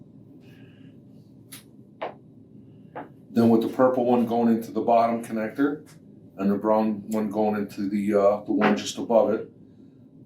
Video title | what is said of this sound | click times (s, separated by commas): BestCode Viscometer Replacement and Cleaning | And just going to push it into the knurl till you hear a click. Make sure it's seated properly. | 2.0 s